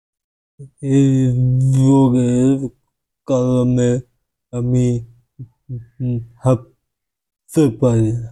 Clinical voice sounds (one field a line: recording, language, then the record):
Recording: elicited speech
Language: Bengali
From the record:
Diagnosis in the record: Broca's or global aphasia after a stroke